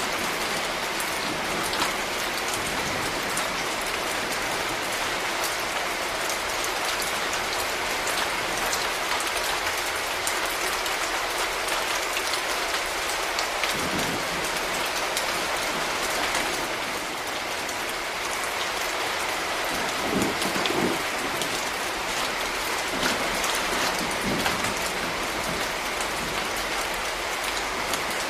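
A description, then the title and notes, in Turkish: Rain falls steadily throughout, a dense, even hiss with a bright edge and no pauses. Scattered drops patter on a surface, with a few heavier, lower splashes around 14, 20 and 24 seconds. Doğanın sesi: yağmur.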